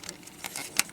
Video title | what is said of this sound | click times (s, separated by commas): Transformer Review TFcon 2020 Exclusive MMC R 46 Vexo Prominon Hail Hasbro Reviews! Batman Crossover | and they're going to snap into place right there | 0.8 s